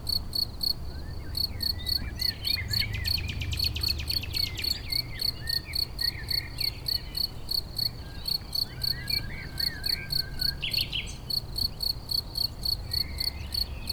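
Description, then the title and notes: Crickets keep up a fast chirping rhythm, a bird adds rattling trills and whistles, and a faint drone hums low in the background. Edge of a meadow rich in crickets near Chindrieux, France; west wind brings sound of motorcycles on the lake road. "271 Rue de Vars, 73310 Chindrieux, France - Grillons et rossignol. Au bord d'une prairie riche en grillons"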